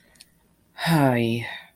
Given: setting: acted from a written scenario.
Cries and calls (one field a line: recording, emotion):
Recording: vocal sound without words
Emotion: guilt